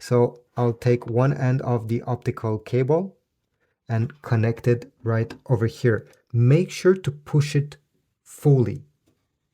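Someone talks while handling one end of a plastic optical (TOSLINK) audio cable, bringing the plug to the optical input of a Yamaha soundbar to push it fully in so it clicks in place and stays in when the cable is moved. Speech fills most of the clip with brief pauses, and it ends just before the plug goes home. Nothing has seated or clicked yet.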